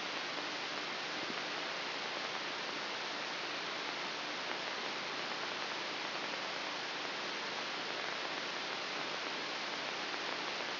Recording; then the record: brain microelectrode recording played as sound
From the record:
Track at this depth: inside the subthalamic nucleus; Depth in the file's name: 3.498 mm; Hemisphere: left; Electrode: 3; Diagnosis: Parkinson's disease